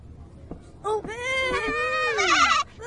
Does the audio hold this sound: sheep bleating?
yes